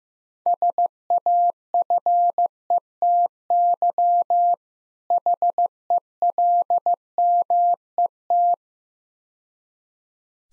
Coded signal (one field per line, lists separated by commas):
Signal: Morse code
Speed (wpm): 15 wpm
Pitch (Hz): 700 Hz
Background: none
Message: SAFETY HELMET